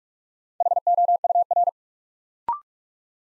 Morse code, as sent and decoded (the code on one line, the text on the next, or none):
.... --- ..- .-.
HOUR